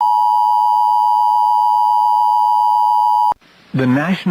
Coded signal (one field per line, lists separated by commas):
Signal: Emergency Alert System (SAME) tones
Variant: 853 and 960 Hz attention tone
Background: speech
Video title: EAS 105 and 106 at Fri Jun 06 2025 7:26:01 PM